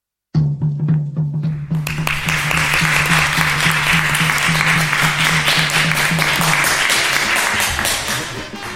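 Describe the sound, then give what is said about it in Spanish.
Loud crowd applause bursts in abruptly and swells into dense, steady clapping that holds for several seconds, with a low humming tone underneath early on before it fades. “un fuerte aplauso que ya han recibido para …”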